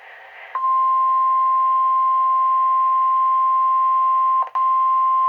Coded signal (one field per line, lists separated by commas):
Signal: Emergency Alert System (SAME) tones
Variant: 1050 Hz attention tone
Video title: NOAA Weather Radio ***REQUIRED WEEKLY TEST*** WXM49 10/1922 [EAS #2]